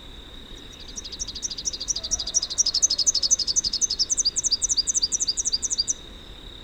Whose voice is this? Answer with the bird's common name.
Rufous-capped Warbler